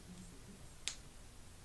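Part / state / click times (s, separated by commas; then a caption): snap clip of a hair extension weft onto natural hair / seated / 0.9 s. A metal snap clip on a hair extension weft is pressed closed onto natural hair, giving a single small, sharp click at 0.9 s over a quiet background. The clip snaps shut and is closed.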